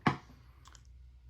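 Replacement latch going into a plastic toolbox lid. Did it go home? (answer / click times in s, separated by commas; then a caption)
yes / 0.1 s. A replacement plastic latch, part #44-20-8400, is pressed slowly onto a plastic Packout toolbox lid with a finger underneath for pressure. It snaps into place with one sharp, loud click at 0.1 s, followed by a few faint high ticks around 0.7–0.9 s. The latch is seated and the job is done.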